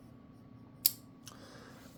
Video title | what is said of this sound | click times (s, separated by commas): More From Kizer! | it's got a nice little click when it closes | 0.9 s